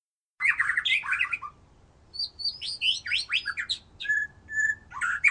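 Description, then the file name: White-rumped shama song opening with loud whistled phrases, then high quick chattering notes, a few steady whistled tones and a closing burst. "murai batu"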